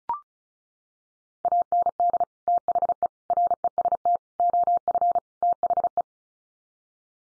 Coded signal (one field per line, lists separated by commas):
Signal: Morse code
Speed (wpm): 34 wpm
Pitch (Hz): 700 Hz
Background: none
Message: AND THE REST OF THE